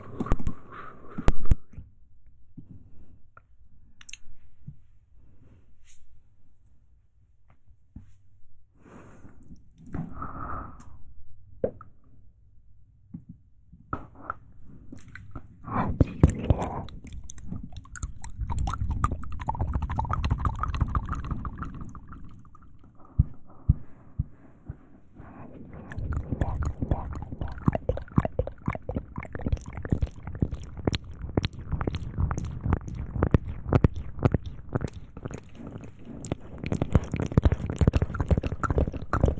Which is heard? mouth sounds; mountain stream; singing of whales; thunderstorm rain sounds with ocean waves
mouth sounds